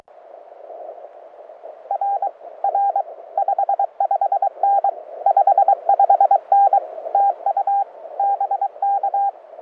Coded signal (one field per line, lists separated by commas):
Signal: Morse code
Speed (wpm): 23 wpm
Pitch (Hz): 800 Hz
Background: radio noise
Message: R R 55N 55N TU BK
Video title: Idaho QSO Audio